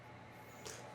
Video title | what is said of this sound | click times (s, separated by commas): [ENG&JPN Sub] LINEARZ unboxing : High Tech Linear&Dot type HIFU Ep2 | When we insert it like this in LinearZ, it makes a clicking sound. | 0.7 s